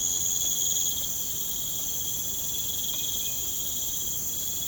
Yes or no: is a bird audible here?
no